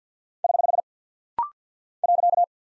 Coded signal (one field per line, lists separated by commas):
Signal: Morse code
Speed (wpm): 48 wpm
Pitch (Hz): 700 Hz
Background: none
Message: <HH> .